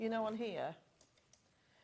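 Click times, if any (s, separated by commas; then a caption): 1.0 s, 1.3 s. The bobbin's thread is set on the bobbin winder of a sewing machine. Someone talks for the first 0.7 seconds, then two small, faint clicks at 1.0 and 1.3 seconds show the thread clicking into place on the winder.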